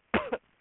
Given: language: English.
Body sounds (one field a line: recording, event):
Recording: throat vibration sensor signal played as sound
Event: cough